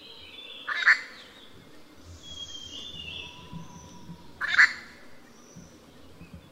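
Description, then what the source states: Grey treepie calling twice, each note a short rasping burst roughly three and a half seconds apart; softer high whistled notes and low rumbling noise fill the gaps. Recorded at Yushan.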